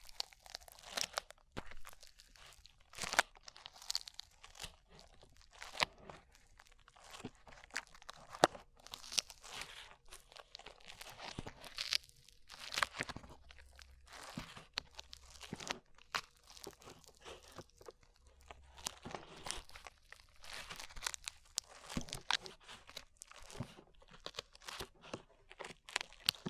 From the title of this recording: ASMR SLIME